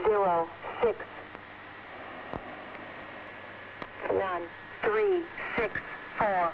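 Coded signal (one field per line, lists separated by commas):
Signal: numbers station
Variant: English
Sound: a voice reading single digits one by one over a crackly shortwave channel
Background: radio static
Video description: Music: "The Conet Project: Recordings of Shortwave Numbers Stations,"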